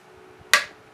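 A torque wrench set to 20 lb tightens a screw on a rifle receiver while the action of a Ruger 10/22 is reassembled during an auto bolt release install. One sharp, loud click sounds at 0.5 s as the wrench breaks over, confirming the screw is torqued to the 20 lb setting.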